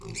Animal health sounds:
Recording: pig call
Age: weaner (32 to 43 days)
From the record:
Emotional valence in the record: negative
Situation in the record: novel object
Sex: female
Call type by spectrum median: high-frequency call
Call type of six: mixed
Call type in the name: high-frequency modulated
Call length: 0.20 s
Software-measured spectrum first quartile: 594 Hz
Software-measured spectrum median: 2444 Hz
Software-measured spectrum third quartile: 6019 Hz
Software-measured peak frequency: 2436 Hz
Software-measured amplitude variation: 119 dB a second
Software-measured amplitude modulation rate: 19.5 a second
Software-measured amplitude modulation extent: 6.1 dB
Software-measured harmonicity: 4.1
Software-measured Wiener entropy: -3.28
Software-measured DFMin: 1309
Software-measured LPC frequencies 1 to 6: 1062, 2419, 4784, 5395, 6891, 7630 Hz

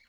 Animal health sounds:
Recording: pig call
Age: piglet (1 to 25 days)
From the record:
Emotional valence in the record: positive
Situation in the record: reunion after long isolation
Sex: male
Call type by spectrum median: high-frequency call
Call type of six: low-frequency tonal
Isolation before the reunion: 8 minutes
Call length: 0.09 s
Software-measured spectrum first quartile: 1937 Hz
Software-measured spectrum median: 2489 Hz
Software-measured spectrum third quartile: 4497 Hz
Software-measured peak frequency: 2222 Hz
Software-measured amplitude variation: 58 dB a second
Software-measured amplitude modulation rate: 5.5 a second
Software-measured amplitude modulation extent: 10.5 dB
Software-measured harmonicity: 5.0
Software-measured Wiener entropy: -1.82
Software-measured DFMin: 944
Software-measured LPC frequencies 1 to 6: 1741, 2214, 2957, 4247, 5358, 6506 Hz

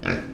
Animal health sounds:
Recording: pig call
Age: growing-finishing pig (85 days or more)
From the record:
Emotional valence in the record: negative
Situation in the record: barren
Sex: female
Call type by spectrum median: low-frequency call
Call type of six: low-frequency modulated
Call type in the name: low-frequency modulated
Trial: 1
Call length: 0.34 s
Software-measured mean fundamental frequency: 45 Hz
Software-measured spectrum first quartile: 282 Hz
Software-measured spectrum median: 808 Hz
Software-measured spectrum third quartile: 1919 Hz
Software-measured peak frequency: 265 Hz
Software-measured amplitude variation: 161 dB a second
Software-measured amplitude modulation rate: 28.0 a second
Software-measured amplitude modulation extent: 5.7 dB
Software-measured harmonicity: 0.4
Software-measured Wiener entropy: -1.56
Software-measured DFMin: 1083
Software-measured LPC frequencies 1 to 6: 401, 1553, 2399, 3747, 5083, 6450 Hz

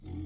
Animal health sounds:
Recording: pig call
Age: weaner (32 to 43 days)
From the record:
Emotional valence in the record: negative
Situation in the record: negative conditioning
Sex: female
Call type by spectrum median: low-frequency call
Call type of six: low-frequency stable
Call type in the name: low-frequency stable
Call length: 0.26 s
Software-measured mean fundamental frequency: 44 Hz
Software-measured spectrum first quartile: 87 Hz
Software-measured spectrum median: 165 Hz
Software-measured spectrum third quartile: 327 Hz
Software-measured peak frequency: 304 Hz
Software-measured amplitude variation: 128 dB a second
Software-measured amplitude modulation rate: 30.7 a second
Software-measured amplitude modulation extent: 4.2 dB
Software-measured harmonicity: -2.6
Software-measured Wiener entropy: 0.39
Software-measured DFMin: 1064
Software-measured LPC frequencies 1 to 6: 287, 2136, 3433, 4584, 6374, 7350 Hz

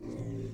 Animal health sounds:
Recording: pig call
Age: weaner (32 to 43 days)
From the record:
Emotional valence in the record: negative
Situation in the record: long isolation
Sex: female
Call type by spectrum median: low-frequency call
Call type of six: low-frequency stable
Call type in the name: low-frequency stable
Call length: 0.54 s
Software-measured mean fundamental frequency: 55 Hz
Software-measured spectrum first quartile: 117 Hz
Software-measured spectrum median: 221 Hz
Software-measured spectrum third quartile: 378 Hz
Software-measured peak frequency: 296 Hz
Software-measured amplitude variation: 109 dB a second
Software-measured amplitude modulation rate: 26.7 a second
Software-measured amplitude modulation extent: 4.1 dB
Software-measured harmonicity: -2.9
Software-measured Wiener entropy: 0.03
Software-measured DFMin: 1229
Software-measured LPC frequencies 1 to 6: 327, 2014, 3584, 4432, 5648, 6547 Hz

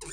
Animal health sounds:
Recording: pig call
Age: weaner (32 to 43 days)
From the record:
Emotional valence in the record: negative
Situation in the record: novel object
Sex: female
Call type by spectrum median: high-frequency call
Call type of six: high-frequency stable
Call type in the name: high-frequency stable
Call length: 0.13 s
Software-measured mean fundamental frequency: 158 Hz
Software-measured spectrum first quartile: 810 Hz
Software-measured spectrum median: 4253 Hz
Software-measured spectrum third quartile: 7845 Hz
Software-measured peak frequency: 7091 Hz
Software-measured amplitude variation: 80 dB a second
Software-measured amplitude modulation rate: 11.3 a second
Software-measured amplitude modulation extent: 7.1 dB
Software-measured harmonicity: 4.7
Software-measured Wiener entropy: -2.06

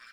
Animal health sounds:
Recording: pig call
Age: piglet (1 to 25 days)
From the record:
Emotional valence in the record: positive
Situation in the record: reunion after long isolation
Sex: male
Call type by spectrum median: low-frequency call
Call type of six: low-frequency tonal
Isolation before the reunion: 8 minutes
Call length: 0.13 s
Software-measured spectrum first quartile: 1564 Hz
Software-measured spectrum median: 2206 Hz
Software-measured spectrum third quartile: 3566 Hz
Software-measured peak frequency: 1548 Hz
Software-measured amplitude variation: 58 dB a second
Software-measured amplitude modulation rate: 15.6 a second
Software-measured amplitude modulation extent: 3.7 dB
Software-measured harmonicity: 1.3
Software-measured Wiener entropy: -1.71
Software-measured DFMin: 803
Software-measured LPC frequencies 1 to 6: 1311, 1638, 2342, 3454, 4347, 5157 Hz

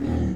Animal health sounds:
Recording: pig call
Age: growing-finishing pig (85 days or more)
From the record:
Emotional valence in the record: negative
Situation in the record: barren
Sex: female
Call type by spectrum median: low-frequency call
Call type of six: low-frequency stable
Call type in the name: low-frequency stable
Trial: 1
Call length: 0.36 s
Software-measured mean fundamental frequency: 48 Hz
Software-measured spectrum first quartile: 104 Hz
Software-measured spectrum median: 201 Hz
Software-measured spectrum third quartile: 320 Hz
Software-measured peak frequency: 274 Hz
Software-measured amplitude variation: 152 dB a second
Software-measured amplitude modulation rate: 25.0 a second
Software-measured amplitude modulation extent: 6.1 dB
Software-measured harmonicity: 2.0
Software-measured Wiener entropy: -0.82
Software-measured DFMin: 786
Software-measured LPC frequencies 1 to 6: 271, 1853, 3208, 3897, 4811, 6437 Hz

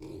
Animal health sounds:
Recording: pig call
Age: weaner (32 to 43 days)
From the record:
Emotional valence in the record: positive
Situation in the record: positive conditioning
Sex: female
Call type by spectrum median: low-frequency call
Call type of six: low-frequency stable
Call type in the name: low-frequency stable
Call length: 0.20 s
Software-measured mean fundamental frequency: 44 Hz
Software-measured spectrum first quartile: 212 Hz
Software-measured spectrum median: 343 Hz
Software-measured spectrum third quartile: 563 Hz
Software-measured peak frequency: 325 Hz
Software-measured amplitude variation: 100 dB a second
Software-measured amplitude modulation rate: 19.5 a second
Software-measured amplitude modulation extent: 5.1 dB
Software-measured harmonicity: 2.7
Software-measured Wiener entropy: -0.05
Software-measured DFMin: 1001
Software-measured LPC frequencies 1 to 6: 358, 899, 2351, 3695, 4284, 4995 Hz

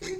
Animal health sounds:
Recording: pig call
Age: weaner (32 to 43 days)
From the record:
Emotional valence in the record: negative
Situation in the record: long isolation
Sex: female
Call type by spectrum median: low-frequency call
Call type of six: high-frequency stable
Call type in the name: high-frequency stable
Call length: 0.20 s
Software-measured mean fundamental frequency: 400 Hz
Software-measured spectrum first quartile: 363 Hz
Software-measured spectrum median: 955 Hz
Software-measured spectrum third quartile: 3862 Hz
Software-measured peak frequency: 373 Hz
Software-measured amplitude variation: 96 dB a second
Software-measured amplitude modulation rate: 22.5 a second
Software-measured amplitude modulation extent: 4.3 dB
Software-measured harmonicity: 8.4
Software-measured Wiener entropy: -3.31

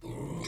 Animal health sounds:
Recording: pig call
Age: weaner (32 to 43 days)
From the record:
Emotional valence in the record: negative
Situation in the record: novel object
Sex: female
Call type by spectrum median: low-frequency call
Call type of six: mixed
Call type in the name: high-frequency modulated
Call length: 0.48 s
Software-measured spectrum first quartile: 219 Hz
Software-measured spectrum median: 573 Hz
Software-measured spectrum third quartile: 3126 Hz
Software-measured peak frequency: 141 Hz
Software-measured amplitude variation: 140 dB a second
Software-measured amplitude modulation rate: 25.9 a second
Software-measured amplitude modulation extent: 5.4 dB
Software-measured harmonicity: 1.4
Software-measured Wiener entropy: -3.43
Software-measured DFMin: 987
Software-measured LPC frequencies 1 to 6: 972, 2195, 3722, 4926, 5584, 7330 Hz

